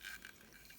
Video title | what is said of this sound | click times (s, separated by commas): 🇵🇭CAMP BIG FALCON.Voltes V DX. Unboxing & Assembly with Review. SOUL OF CHOGOKIN VOLT-IN-BOX | and it'll just snap into place. | 0.2 s